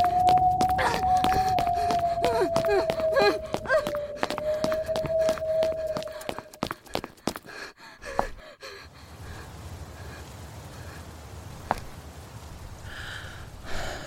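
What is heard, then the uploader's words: A horror night ambience opens with a sustained eerie tone sliding slowly downward, crowded with rapid crackling clicks like a flickering light and strange voice-like murmurs. Around seven seconds the clutter breaks off, leaving a low hollow hiss with a lone sharp snap near twelve seconds. Horror night ambience. Light flickering again with haunted voices.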